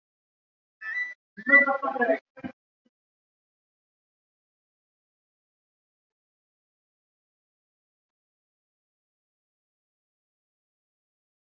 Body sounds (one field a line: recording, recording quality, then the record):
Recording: deep breathing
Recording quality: poor, much background noise or distortion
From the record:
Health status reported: COVID-19 positive, no symptoms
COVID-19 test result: positive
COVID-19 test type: RT-PCR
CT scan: not taken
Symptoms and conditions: muscle pain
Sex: male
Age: 28 years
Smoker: no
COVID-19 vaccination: both doses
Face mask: not worn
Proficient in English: no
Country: India